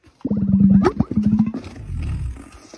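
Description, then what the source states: Dromedary camel gurgling display call: a rapid run of low, throbbing pulses in two bursts, sliding into a deep bubbling rumble that fades out. Male dromedary inflating its dulla, a mouth organ, to gurgle when attracting a mate and asserting dominance over other nearby males.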